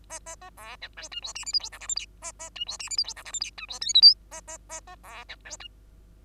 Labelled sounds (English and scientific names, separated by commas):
Bengalese Finch (Lonchura striata domestica) song